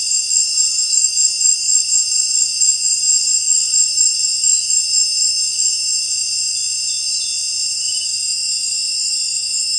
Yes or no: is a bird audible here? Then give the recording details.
yes. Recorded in secondary vegetation near Puerto Asís, Putumayo, Colombia, on 23 June 2025 at 18:30. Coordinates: 0.499, -76.323. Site G077